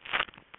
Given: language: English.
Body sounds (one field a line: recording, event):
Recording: throat vibration sensor signal played as sound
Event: swallow